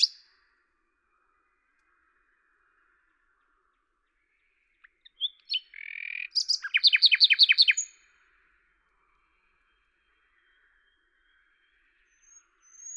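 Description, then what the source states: Common nightingale song: after quiet, a few soft notes lead into a loud, rapid run of repeated chuckling notes, then silence. Recorded at Lavours, France, on 10 May 1998 with a Tascam DAP-1 and Télingua microphone, edited in Samplitude 5.1.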